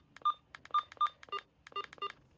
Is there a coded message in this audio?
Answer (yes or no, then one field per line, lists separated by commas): no